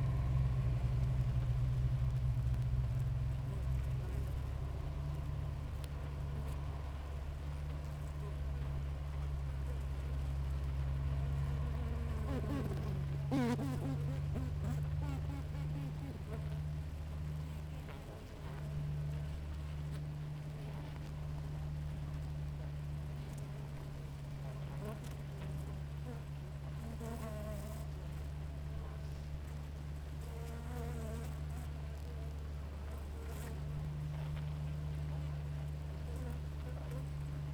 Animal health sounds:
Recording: honeybee colony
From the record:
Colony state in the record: active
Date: 28 July 2017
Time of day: 6:22

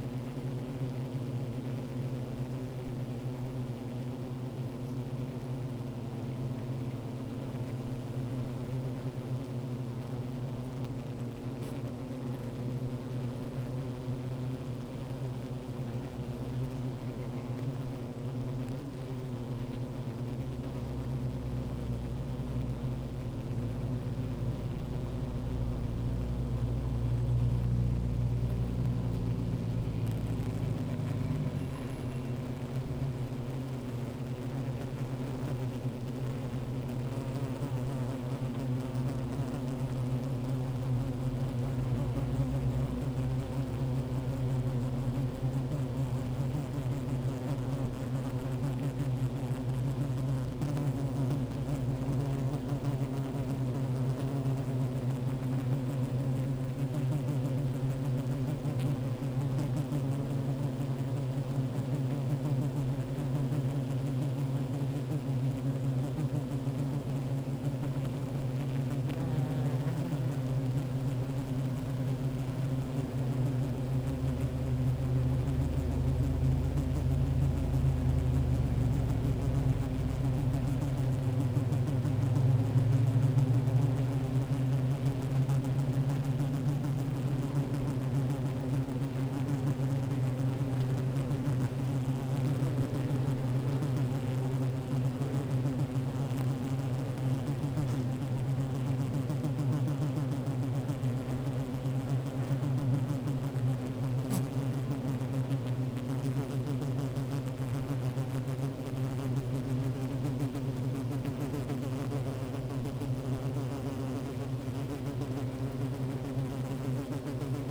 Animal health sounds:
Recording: honeybee colony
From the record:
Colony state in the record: active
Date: 28 July 2017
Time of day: 15:14

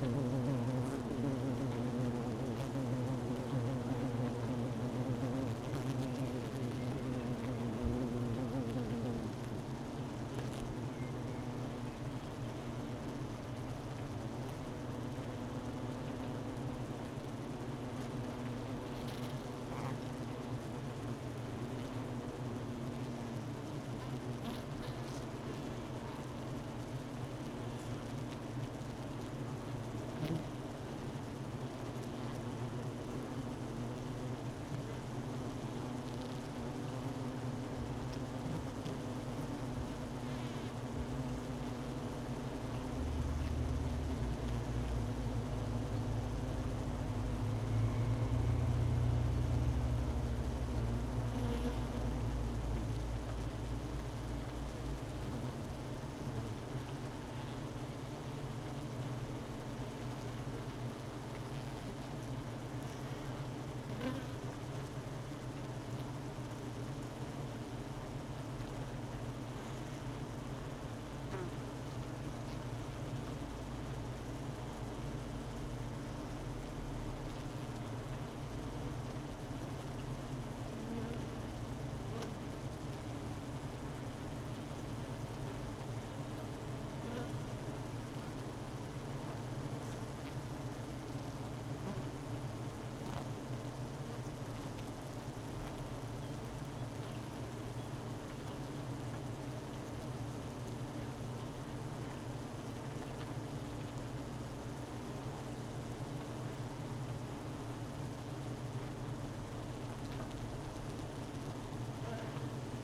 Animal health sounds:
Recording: honeybee colony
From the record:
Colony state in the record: missing queen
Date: 31 May 2018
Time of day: 12:20

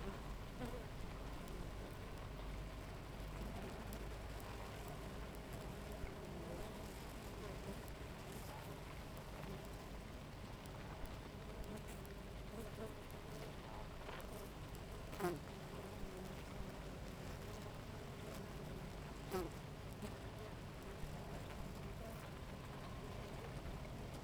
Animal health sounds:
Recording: honeybee colony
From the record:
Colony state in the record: active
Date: 28 July 2017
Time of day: 7:02

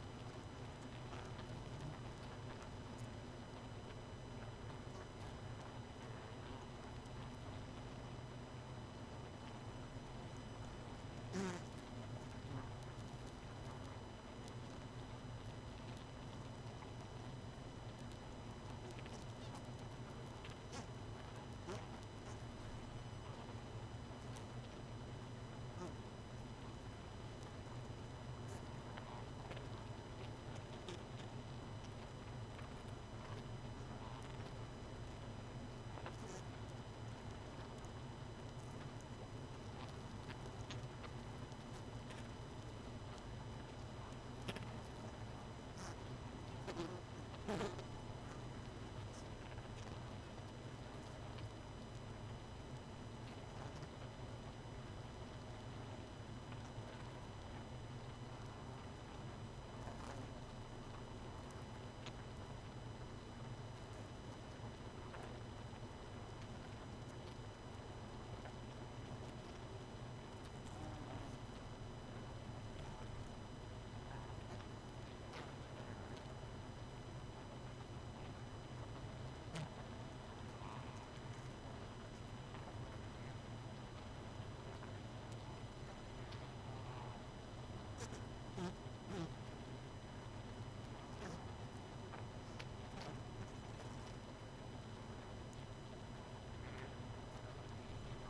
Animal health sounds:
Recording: honeybee colony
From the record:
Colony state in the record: missing queen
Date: 31 May 2018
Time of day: 23:28

